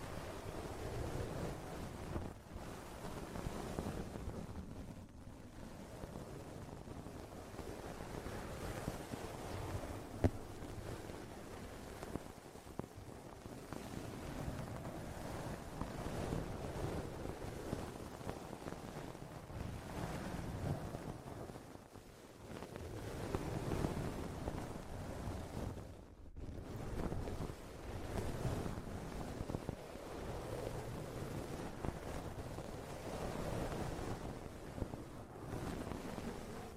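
A microphone is grabbed and handled slowly, producing a steady, dense rumble and buffeting like wind across the mic. It stays low and muffled throughout, with brief dips near 5, 22 and 26 seconds and a single sharp tick around 10 seconds.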